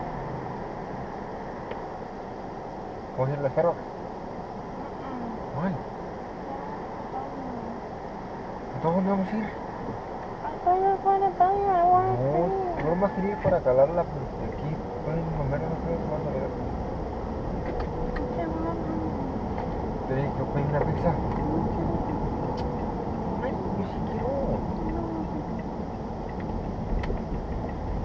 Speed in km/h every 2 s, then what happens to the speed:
0, 0, 0, 0, 0, 0, 3, 11, 18, 26, 32, 34, 32, 26.
0-11 standing. 11-21 pulls away to 34. 21-28 slows to 26.